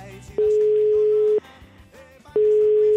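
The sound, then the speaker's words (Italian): A telephone ringing tone sounds twice before the call is answered: two steady, mid-pitched buzzing tones of about one second each, separated by a pause, over a quieter, busy background. It is a phone call to Senator Campanella from the office of President Vendola. “Integrale, la telefonata che ha gettato lo scompiglio nei palazzi romani, Bendola Campanella.”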